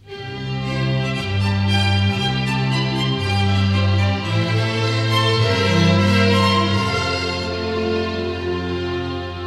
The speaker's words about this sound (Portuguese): Por exemplo, toda vez que Pedro entrar em cena, vocês ouvirão um quarteto de cordas tocando qualquer coisa assim.